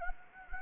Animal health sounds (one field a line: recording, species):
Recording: mosquito wingbeat signal from an infrared sensor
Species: Anopheles gambiae